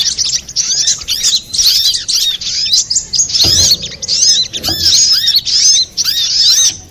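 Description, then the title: Little spiderhunter singing rhythmic bursts of high, twittering notes in quick succession, with occasional low knocks. Master recording used for training cage birds, labelled Labaik. "Masteran Burung Sogok Ontong Labaik"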